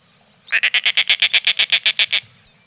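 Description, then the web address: Snail Kite giving a rasping, chattering call: a steady run of about fourteen identical harsh notes delivered quickly and evenly, then silence. "Peterson North American Birds"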